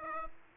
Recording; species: mosquito wingbeat signal from an infrared sensor; Aedes aegypti